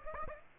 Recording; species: mosquito wingbeat signal from an infrared sensor; Aedes aegypti